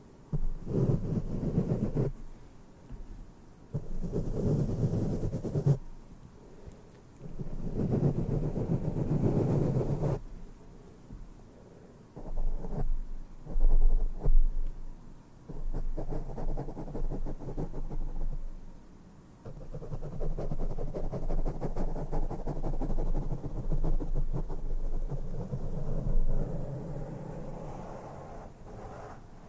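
Brushes sweep over a microphone in repeated low, rumbling bursts of a few seconds each, with brief pauses between strokes and no voice.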